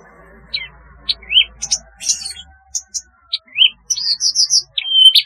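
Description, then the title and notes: Javan bush lark song with scattered notes: short upslurred whistles, buzzy chips, then a quick run of repeated chirps and a final level whistle. "Kicau Burung Branjangan"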